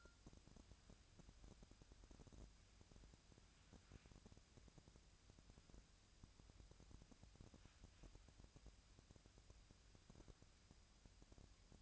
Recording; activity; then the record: daily activity, microphone in the room; wipe stove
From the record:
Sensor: 2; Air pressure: 1003.2 hPa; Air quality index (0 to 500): 202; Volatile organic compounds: 6 ppm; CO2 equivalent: 1920 ppm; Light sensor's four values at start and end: 8/19/8/8 and 8/19/8/9